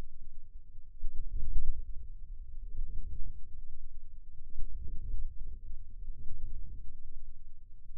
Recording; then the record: forearm muscle sounds (acoustic myography)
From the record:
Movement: inward rotation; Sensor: system 2, bracelet of six BSWA MPA416 microphones around the upper forearm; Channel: 2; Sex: male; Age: 22 years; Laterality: right